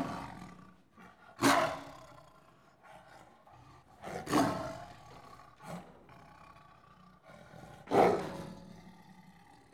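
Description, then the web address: Tiger with three loud explosive snarls a few seconds apart, separated by quieter rumbling growls. One tiger snarling and growling; recorded in the countryside of India, Pakistan and Nepal. "Sound Effects Library. India Pakistan Nepal. One Tiger Snarling And Growling"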